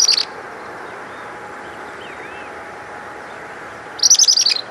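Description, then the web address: Bird calls: a brief high chatter at the start, then a long pause with faint chirps, ending in another quick burst of sharp repeated notes. "BIRD SABIOD bird"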